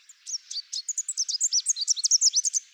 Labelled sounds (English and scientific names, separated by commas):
Chestnut-capped Warbler (Basileuterus delattrii) song